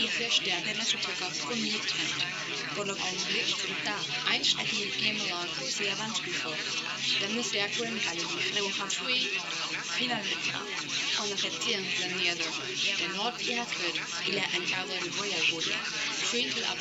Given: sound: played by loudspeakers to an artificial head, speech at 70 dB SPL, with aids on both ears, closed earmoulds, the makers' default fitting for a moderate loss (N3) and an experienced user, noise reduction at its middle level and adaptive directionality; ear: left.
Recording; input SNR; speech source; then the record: speech test signal (ISTS) in cocktail-party noise; 0 dB; in front (0 degrees)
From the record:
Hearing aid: class 1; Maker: A